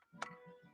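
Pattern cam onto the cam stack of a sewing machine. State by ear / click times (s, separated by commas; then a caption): seated / 0.2 s. A plastic pattern cam is worked onto the cam stack of a 1961 Viking Husqvarna 21E sewing machine, pushed past a retainer pin. A single sharp click at 0.2 s rings out with a brief tonal ring over low rumbling handling sounds. The cam is seated in position.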